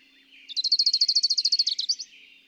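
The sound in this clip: Bird song, one rapid trill of high, evenly spaced notes for about a second and a half, slightly stuttering near the end, with soft hiss behind.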